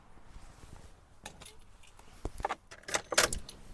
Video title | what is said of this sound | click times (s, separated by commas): GMC Acadia Master Switch Replacement | this top plate or plastic trim piece is snapped back in | 3.2 s